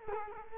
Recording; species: mosquito wingbeat signal from an infrared sensor; Culex quinquefasciatus